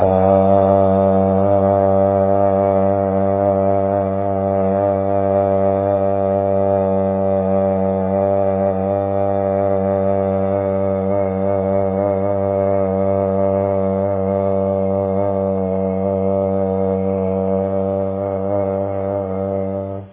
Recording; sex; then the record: sustained vowel /a/; male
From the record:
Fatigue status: no fatigue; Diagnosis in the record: COVID-19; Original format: 3gp